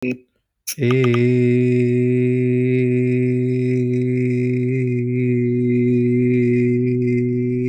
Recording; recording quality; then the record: sustained vowel as in made; excellent, no background noise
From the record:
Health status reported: healthy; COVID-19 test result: not tested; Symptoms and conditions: none ticked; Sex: male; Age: 29 years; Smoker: not ticked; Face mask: not worn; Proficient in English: yes